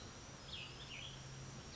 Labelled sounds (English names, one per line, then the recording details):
Cassin's Vireo
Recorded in Sonoma County, California